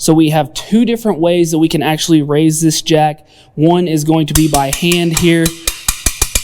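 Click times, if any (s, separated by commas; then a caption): 5.9 s, 6.1 s, 6.2 s, 6.4 s. Someone talks while hand-cranking the self-braking strap winch on a MoJack Pro mower lift jack for zero-turn mowers and lawn tractors. A series of sharp ratchet clicks follows at 5.9, 6.1, 6.2 and 6.4 seconds as the metal safety pawl drops into successive notches, seating the safety latch so the jack cannot lower without releasing the handle.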